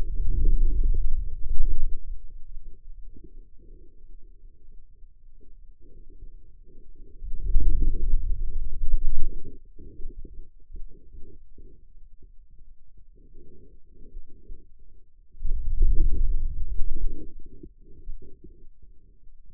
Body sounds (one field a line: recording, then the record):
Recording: forearm muscle sounds (acoustic myography)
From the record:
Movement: wrist flexion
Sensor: system 2, bracelet of six BSWA MPA416 microphones around the upper forearm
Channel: 5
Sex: male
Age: 22 years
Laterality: right